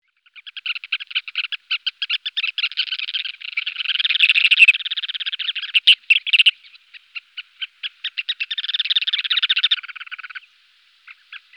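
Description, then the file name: Ruddy turnstone giving rapid, chattering rattles of clipped notes that run in long bursts, pause briefly, then resume and trail off into a few scattered notes. "Tourne pierre a collier"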